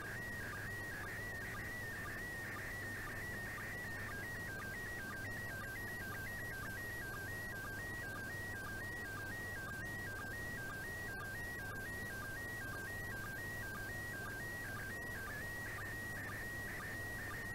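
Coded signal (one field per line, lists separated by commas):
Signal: SSTV (slow-scan television)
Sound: steady high whistle near 1.9 kHz broken by regular short lower blips, repeating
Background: radio static, low hum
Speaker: i nareszcie udało się bardzo silny sygnał akurat rzem na taśmę tenel odu doł minuta widoczności piękny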